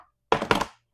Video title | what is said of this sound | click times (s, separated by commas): Why Every Pet Foster Carer Needs This 55L Pet Incubator! | on each side everything just clicks into place | 0.3 s, 0.5 s